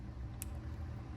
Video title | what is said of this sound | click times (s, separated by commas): Morimoto LED Fog Light Install C6 Corvette | Just heard a slight click there. | 0.4 s